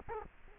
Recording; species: mosquito wingbeat signal from an infrared sensor; Culex quinquefasciatus